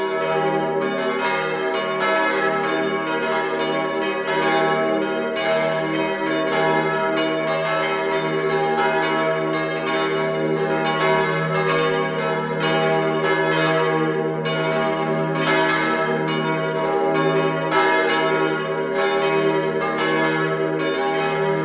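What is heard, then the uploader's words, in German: Church bells ring the noon peal at a Catholic church, several bells swinging together in a dense, continuous tumble of strokes. The loudness stays level throughout, with a deep hum sustained underneath and bright, full clangs striking several times per second. Zwölfuhrläuten aus Dingolshausen in Unterfranken, kath. Kirche St. Laurentius.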